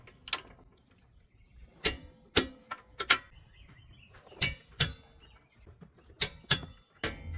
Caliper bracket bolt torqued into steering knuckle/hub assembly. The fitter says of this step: Make sure you hear the clicking.